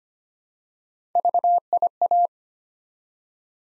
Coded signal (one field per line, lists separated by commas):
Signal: Morse code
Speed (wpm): 25 wpm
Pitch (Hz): 700 Hz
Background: none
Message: VIA